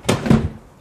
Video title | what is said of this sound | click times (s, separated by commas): Mr & Mrs Heath part 1 | then that just clicks back in | 0.1 s